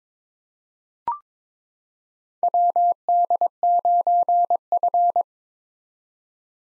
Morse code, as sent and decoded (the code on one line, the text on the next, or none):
.-- -.. ----. ..-.
WD9F